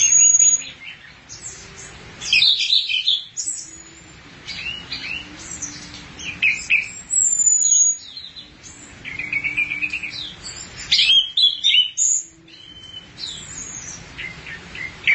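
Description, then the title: Thrush giving a continuous rambling song of chirps, squeaks and whistled notes with only brief gaps. "burung anis x"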